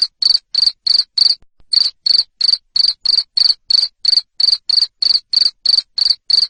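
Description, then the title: Cricket chirps, shrill and evenly spaced at about three per second, with a short break early on. Loud 'ngerik' cricket sound played to stimulate lovebirds to keep singing ('ngekek'). "Suara JANGKRIK NGERIK Keras Bikin LOVEBIRD Jadi NGEKEK Terus Vubey"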